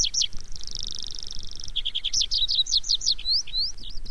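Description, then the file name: Tree pipit song: a sustained buzzy trill, then a string of looping slurred notes ending in rising whistles, over a low background rumble. "baumpieper"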